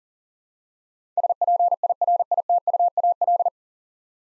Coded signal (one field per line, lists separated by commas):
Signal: Morse code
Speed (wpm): 40 wpm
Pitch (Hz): 700 Hz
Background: none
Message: SPIRITUAL